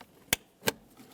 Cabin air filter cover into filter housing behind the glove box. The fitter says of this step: Audible click. A light tug confirming it's properly secured in place.